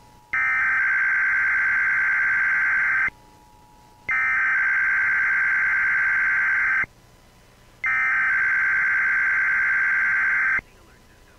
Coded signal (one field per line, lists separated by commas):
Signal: Emergency Alert System (SAME) tones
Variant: header bursts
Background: speech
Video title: EAS 1161: California (Regional) Required Monthly Test